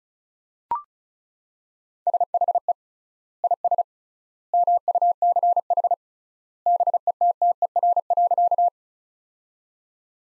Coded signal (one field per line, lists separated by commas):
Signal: Morse code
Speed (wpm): 35 wpm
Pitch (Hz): 700 Hz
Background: none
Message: SHE IS MUCH BETTER.